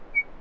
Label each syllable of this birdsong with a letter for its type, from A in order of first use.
A